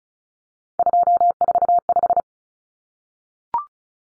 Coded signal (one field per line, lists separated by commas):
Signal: Morse code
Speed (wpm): 34 wpm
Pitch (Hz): 700 Hz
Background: none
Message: 245